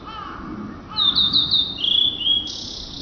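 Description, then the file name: Blue-and-white flycatcher song: a run of high, clear whistled notes, then a lower sliding whistle and a brief buzzy high ending, over faint background hiss. Recorded on 4 May 2013. "20130504 oruri"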